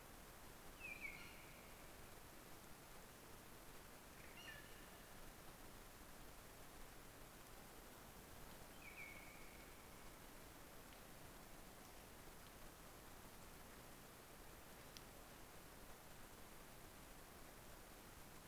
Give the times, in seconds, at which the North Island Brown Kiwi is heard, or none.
none